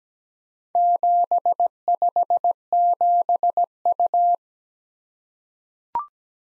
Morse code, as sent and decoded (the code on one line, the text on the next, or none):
--... ..... --... ..-
757U